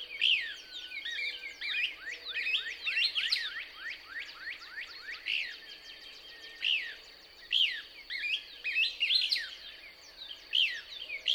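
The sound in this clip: Couch's Kingbird song, a string of quick, high chirps sliding sharply downward in clusters, above a constant thin high tone and faint low whistled notes.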